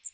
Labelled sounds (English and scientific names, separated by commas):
Magnolia Warbler (Setophaga magnolia) flight call